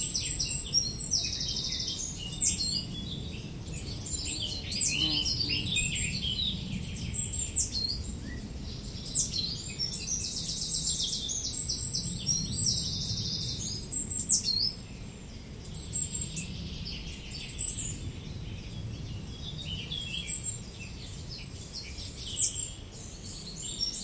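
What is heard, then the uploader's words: Birdsong fills a bushy thicket, with many high, bright chirps and trills overlapping throughout. A low, steady rumble runs underneath the whole time, and the calls keep a busy, irregular pace with sharper notes recurring every few seconds. Birdsong in a tunnel of bushes. Recorded by Cities and Memory.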